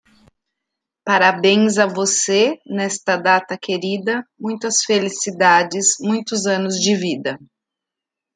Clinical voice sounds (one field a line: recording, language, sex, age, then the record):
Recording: short text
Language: Brazilian Portuguese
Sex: female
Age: 40 to 49 years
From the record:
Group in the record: control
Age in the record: 48 years